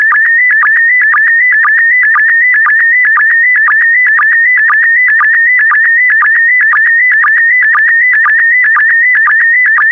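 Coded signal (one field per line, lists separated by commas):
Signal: SSTV (slow-scan television)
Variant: PD120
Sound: steady warbling tone shifting in pitch, with a short low blip about twice a second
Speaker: complete. You can now check your decoded image against the picture that is shown on the video.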